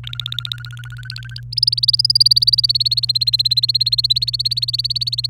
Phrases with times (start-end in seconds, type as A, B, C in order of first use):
0.04-1.41 A, 1.52-5.29 B